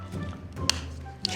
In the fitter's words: That click sound is my favorite part 😆